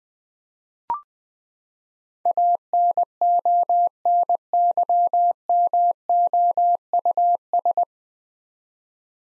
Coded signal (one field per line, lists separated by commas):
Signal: Morse code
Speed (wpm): 20 wpm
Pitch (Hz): 700 Hz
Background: none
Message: ANONYMOUS